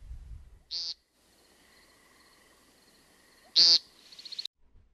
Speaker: The sound of the American woodcock is a distinct peent.